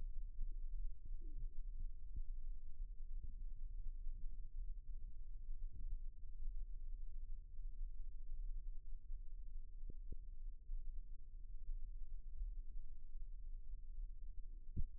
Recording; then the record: forearm muscle sounds (acoustic myography)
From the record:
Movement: rest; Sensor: system 1, eight BSWA MPA416 microphones around the upper forearm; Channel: 8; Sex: male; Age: 21 years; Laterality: right